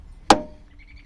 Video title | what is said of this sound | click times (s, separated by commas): 2016 Jeep Wrangler Sport ( How to change the oil filter housing ) | hear that and you push it until you hear a click | 0.3 s